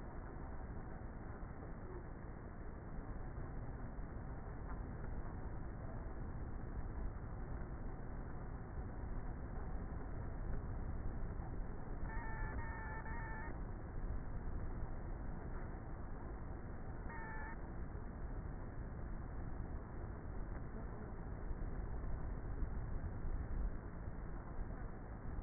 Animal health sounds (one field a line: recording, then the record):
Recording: honeybee colony, microphone inside the hive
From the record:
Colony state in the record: queenless with a low population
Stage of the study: before two queens were removed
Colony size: about 30,000 bees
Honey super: no